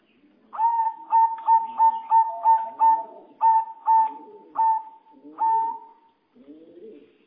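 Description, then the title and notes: Bird singing about ten clear, evenly pitched notes in sequence, spacing out toward the end, followed by soft low grating sounds. "Bird Sound. Kicau Burung Lengkap"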